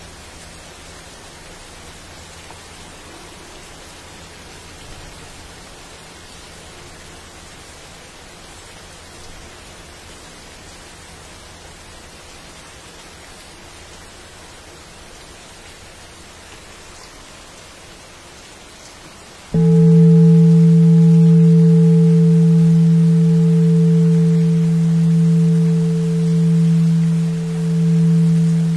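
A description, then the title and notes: Soft, even rain hiss fills a dense forest, steady and quiet for the first twenty seconds. Just before the twenty-second mark a loud, steady low hum with a ringing upper tone abruptly cuts in and holds to the end, swelling slightly near the close. Rain in the dense forest.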